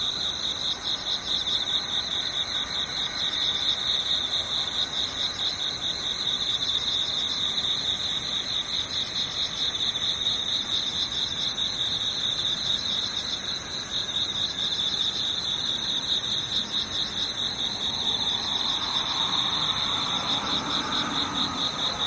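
Insects chirr steadily throughout, a dense, shrill trill with a strong high band and finer pulsing layers above it. Underneath runs a soft, constant low rumble, and near the end a faint rising whoosh, like a passing vehicle, swells briefly.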